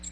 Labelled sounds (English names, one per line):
American Redstart flight call